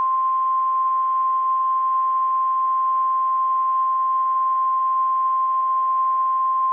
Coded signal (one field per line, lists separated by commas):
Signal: Emergency Alert System (SAME) tones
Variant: 1050 Hz attention tone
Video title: DMX RWT EAS 821